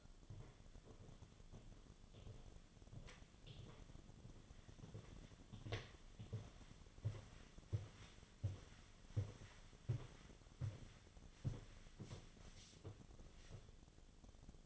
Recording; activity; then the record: daily activity, microphone in the room; walk to room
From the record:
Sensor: 4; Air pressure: 1011.0 hPa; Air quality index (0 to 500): 160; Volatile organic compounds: 4 ppm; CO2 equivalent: 1636 ppm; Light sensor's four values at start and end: 45/127/51/53 and 43/122/49/51